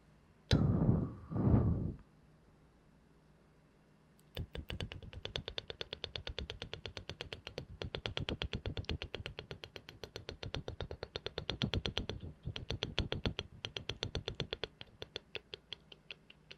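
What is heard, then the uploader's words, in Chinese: Two heavy breaths or puffs into the microphone open the recording, followed by a pause of about two seconds. From around four seconds to the end comes a dense, steady stream of quick, wet mouth clicks and pops, crisp, with slight swells in loudness. 輕而緩的口腔音。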